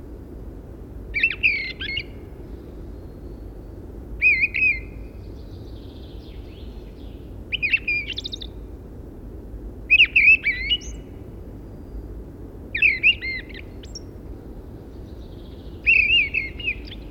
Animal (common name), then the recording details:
Fieldfare. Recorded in the wild. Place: Liddower Haken, Insel Rügen, Mecklenburg-Vorpommern, DE. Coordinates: 54.5667, 13.3833. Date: 1970-03-04. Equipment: Nagra III BH, Sennheiser MD 21, parabola. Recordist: Schubert, Michael